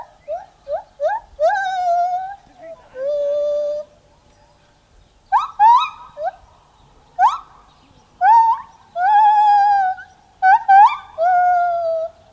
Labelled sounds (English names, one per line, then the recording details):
Lar Gibbon song
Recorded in captivity
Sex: male
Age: diverse
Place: Tierpark Berlin, Berlin, DE
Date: 1981-04-18
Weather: sonnig 1°C
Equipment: Nagra SN, Kopie Uher 4200
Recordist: Tembrock, Günter